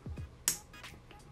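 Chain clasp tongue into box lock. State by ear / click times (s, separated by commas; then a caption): seated / 0.5 s. The clasp tongue of a 12mm Cuban link chain is pushed into its box lock, with low rumbling handling sounds at the start. It snaps shut with a sharp, bright click at 0.5 s, followed by a fainter tick near 1.1 s. The clasp is seated and holds without coming off, but the lock stays loose and wobbly.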